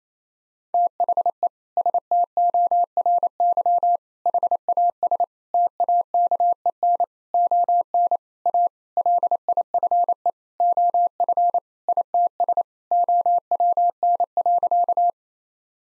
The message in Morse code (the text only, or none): THE STORY HAS TAKEN ON A LIFE OF ITS OWN.